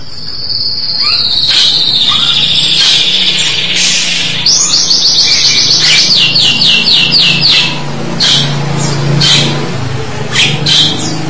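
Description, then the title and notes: Starling song: a long high whistle followed by a rapid series of repeated notes and scattered chirps, with a low background hum. "suara burung jalak"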